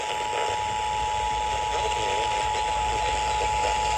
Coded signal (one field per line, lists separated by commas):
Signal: Emergency Alert System (SAME) tones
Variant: 853 and 960 Hz attention tone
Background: speech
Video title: South Carolina Required Monthly Test for July 2026 | EAS #399-401